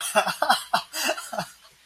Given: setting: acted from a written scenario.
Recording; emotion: vocal sound without words; elation